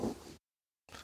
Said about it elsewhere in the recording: You can probably hear a dog snoring in the background. Yeah, he's a French bulldog. I tried to put our Yoda, little Yoda, to other room, and I closed the door.